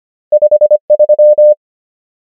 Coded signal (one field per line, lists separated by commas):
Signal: Morse code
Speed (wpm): 25 wpm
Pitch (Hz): 600 Hz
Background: none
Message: 5 3